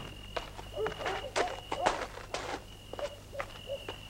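Footsteps of a man walking around a building and into a police station at a steady, slightly uneven pace, each step a soft crunchy thud, with a thin high-pitched tone and a low hum running underneath the whole time.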